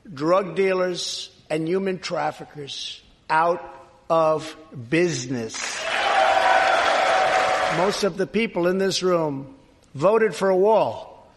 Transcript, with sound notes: drug dealers and human traffickers out of business. (APPLAUSE) Most of the people in this room voted for a wall